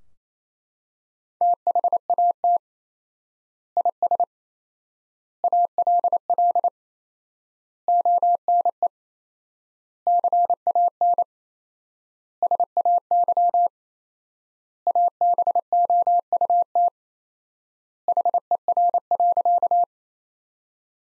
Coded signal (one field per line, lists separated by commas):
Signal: Morse code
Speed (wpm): 28 wpm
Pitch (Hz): 700 Hz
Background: none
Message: THAT IS ALL ONE CAN SAY ABOUT HER.